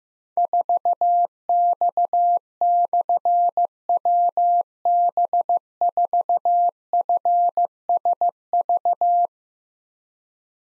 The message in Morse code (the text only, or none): 4X/WB4FSV